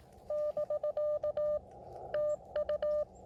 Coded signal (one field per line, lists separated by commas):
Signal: Morse code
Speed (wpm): 20 wpm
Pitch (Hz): 600 Hz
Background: none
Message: <BK> TU